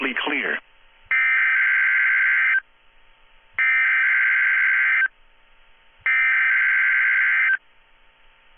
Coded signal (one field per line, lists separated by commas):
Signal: Emergency Alert System (SAME) tones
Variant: header bursts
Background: speech